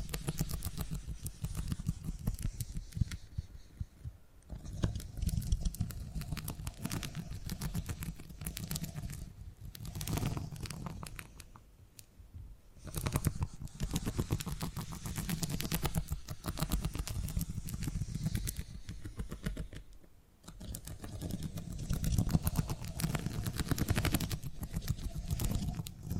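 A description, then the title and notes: Purring rumbles low and steady in long stretches, its fast fluttering pulse running through most of the recording. Brief quieter gaps break it near 4, 9, 12 and 20 seconds, and a faint crackly, scratchy texture sits over the top. Purring Triggers.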